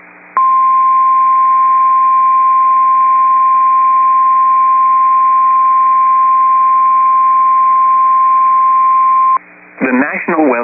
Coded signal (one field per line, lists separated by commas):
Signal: Emergency Alert System (SAME) tones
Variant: 1050 Hz attention tone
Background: speech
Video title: Severe Thunderstorm Warning (Sioux County, ND) (8/28/24) [EAS #22]